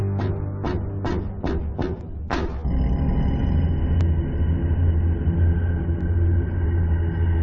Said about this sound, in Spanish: El golpear en la puerta de unos nudillos repica 6 veces.